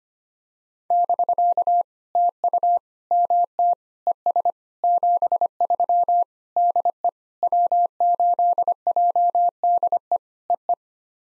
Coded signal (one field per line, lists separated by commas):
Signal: Morse code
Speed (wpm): 25 wpm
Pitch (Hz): 700 Hz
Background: none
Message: <BK> TU MT ES 73 DE W8JDE EE